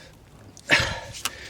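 A cleaned engine hose line with a plastic sleeve is pushed into its fitting on the inlet manifold area of a Focus MK1. A broad, rough burst of noise rises around 0.7 s and fades, followed by a sharp click at 1.3 s as the line seats home in its port.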